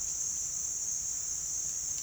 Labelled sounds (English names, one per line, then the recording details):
none
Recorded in dense forest near Puerto Asís, Putumayo, Colombia, on 23 June 2025 at 08:00
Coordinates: 0.466, -76.327
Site GP04